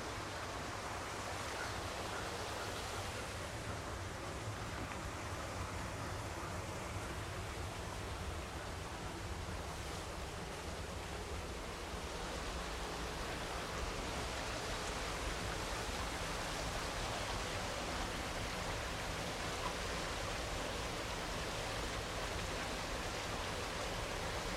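Water rushes steadily through a sandstone creek canyon, a dense, even hiss that fills the whole 25 seconds without pause. A low rumble runs underneath, with faint steady hum-like tones near the bottom. The flow barely changes in loudness throughout.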